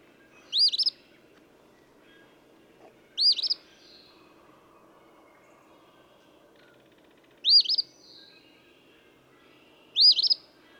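Eastern phoebe song: short, harsh two-part phrases, sounded four times at uneven gaps of two to four seconds, over a faint low background hum.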